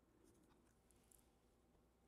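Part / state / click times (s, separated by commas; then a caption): metal bar going into the turn-signal stalk mechanism / not seated / none. A metal bar is pushed toward its place in a BMW turn-signal stalk mechanism, giving quiet scraping and light tapping over a low background hum, with one brief sharp tick near 1.1 seconds. The bar misses and sits below its mount, so nothing has seated or clicked yet and the stalk bar fails to latch.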